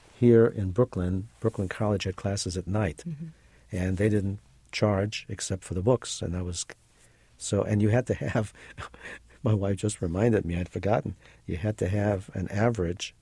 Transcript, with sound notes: Here in Brooklyn, Brooklyn College had classes at night, and they didn't charge----except for the books. And I was, and you had to have, (chuckles) my wife just reminded me I had forgotten, you had to have an average